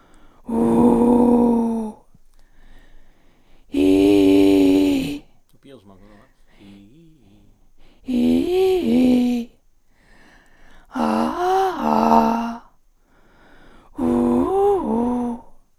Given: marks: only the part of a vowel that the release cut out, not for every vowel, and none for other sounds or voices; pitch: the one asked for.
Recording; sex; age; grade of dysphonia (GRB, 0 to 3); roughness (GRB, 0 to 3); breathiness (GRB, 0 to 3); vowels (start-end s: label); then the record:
sustained vowels; female; 50 to 59 years; 3; 3; 2
0.59-1.11 s: vowel /u/, low pitch
8.21-8.94 s: vowel /i/, low-high-low pitch
11.06-12.03 s: vowel /a/, low-high-low pitch
14.04-15.22 s: vowel /u/, low-high-low pitch
From the record:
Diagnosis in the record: recurrent laryngeal nerve paralysis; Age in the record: 55 years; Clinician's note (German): Rechts in Intermediärstellung, keine Kompensation, breite glottische Insuffizienz; R1 B2 H1